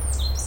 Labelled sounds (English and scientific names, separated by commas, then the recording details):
Stitchbird (Notiomystis cincta) song
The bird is a male
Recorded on Tiritiri Matangi Island, New Zealand, in 2005
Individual 12, of nest box 16